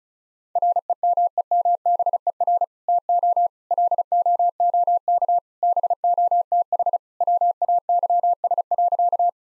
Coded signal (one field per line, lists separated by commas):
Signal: Morse code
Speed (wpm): 36 wpm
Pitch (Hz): 700 Hz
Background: none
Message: REMEMBER TO LOOK BOTH WAYS.